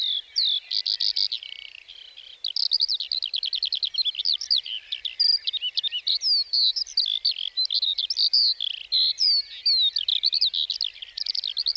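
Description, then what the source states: Lark singing an unbroken, fast, high jumble of twittering notes, quick trills and short whistled slurs throughout. 29 March 2020, Plateau de Lesches-en-Diois; sings before full daybreak, perched on top of a bush rather than in flight, for nearly fifteen minutes before flying off; Nagra Seven, stereo, cardioid MKH40.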